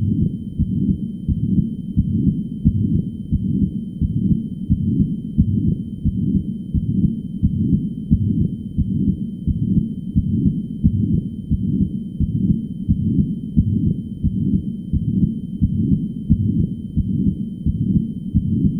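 A low, steady rumbling whoosh runs without a break under regular heartbeats, swelling with each beat and never falling silent between them. This is a continuous murmur in an adult heart, carrying through both systole and diastole.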